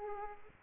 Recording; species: mosquito wingbeat signal from an infrared sensor; Aedes aegypti